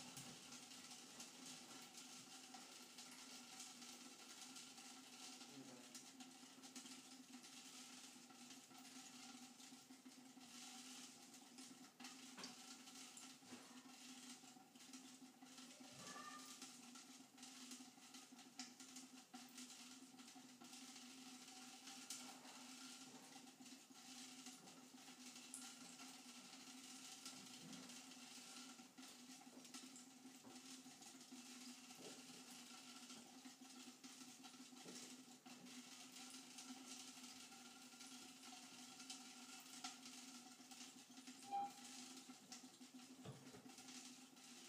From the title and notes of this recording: ASMR Water Dripping onto Tinfoil.